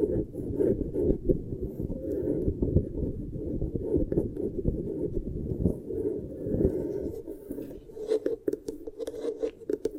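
Beeswax being pressed and worked, a dense, continuous crackling and squishing that stays mostly low and muffled. The texture churns steadily for about eight seconds, then thins out into sparser, sharper clicks and pops toward the end.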